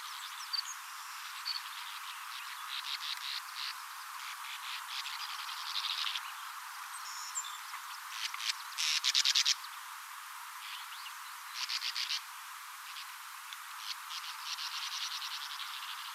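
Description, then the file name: Sand martin calls: dry, scratchy twittering in short irregular bursts, the loudest near the middle, against a constant broad hiss. "hirondelle de rivage - riparia riparia"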